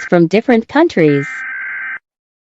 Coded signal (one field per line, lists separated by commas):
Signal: Emergency Alert System (SAME) tones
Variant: header bursts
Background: speech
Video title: Rating EAS alarms based on scariness